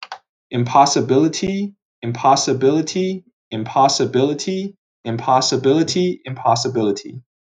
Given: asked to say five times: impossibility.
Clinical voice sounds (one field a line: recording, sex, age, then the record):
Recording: repeated word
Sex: male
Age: 20 to 29 years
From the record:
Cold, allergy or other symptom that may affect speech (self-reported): no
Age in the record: 24 years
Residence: New York, United States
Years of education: 16